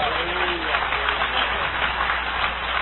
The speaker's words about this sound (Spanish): Dale un aplauso al Cordero de Dios.